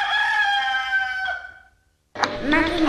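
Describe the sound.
A fighting rooster lets out one long, bright, harmonic crow that trails off and fades to silence, followed after a short pause by a person starting to talk.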